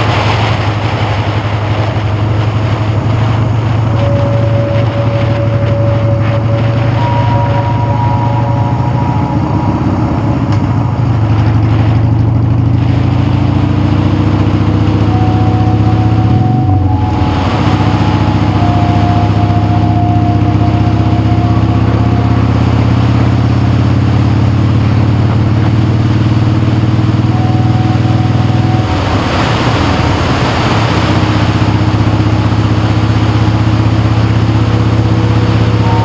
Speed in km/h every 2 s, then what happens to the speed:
44, 47, 39, 40, 34, 32, 39, 47, 40, 44, 45, 50, 55, 58, 52, 52, 52, 55.
0-11 slows to 32. 11-13 speeds up to 47. 13-21 steady at about 44. 21-26 speeds up to 58. 26-36 steady at about 52.